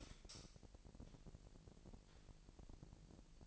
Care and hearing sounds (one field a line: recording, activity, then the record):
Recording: daily activity, microphone in the room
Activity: light on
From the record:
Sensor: 5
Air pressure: 1002.0 hPa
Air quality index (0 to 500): 244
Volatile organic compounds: 43 ppm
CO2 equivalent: 3194 ppm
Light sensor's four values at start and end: 16/38/16/17 and 17/39/16/18